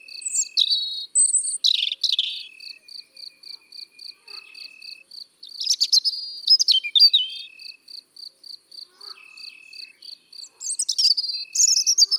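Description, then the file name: European robin song: several short, high, tumbling warbled phrases between pauses, over a steady rapid pulsing cricket chirp and repeated thin level tones. Singing in the countryside. "Rougegorge familier Chants doiseaux dans la campagne"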